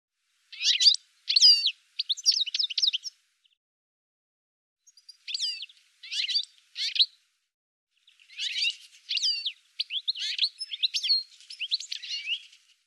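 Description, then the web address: Bird song in bursts of rapid high chirps and sharp twittering notes, grouped into short phrases with pauses between, on a silent background. "cianscape birddata Deverinetal 2025 File cleaned normalized Bird"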